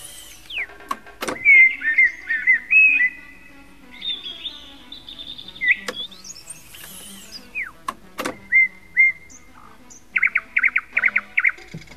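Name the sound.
bird song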